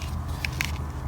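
A plastic piece of a Transformers Siege: War For Cybertron Trilogy Shockwave transforming figure is pushed and slid into a port on the figure's foot, over a low steady hum. Sharp clicks land at 0.5 s and 0.6 s as the piece slides into place and seats.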